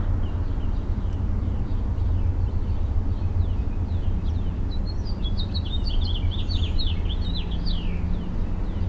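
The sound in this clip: Mockingbird singing scattered chirps that build into a rapid, tumbling series of varied notes, with a constant deep rumble underneath.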